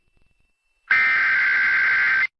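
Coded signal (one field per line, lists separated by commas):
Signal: Emergency Alert System (SAME) tones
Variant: header bursts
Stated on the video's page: Mock EAS alert, simulated audio made for a mock challenge.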